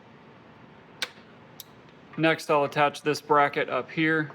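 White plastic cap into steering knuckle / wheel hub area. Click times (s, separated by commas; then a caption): 1.0 s. A white plastic cap with a protruding tab is lined up with its slot and pushed into the steering knuckle and wheel hub area of a 2004 Honda Accord during a wheel speed sensor and steering knuckle replacement. A sharp click at 1.0 s shows the cap seating, followed by a fainter tick at 1.6 s. From about 2.2 s someone talks.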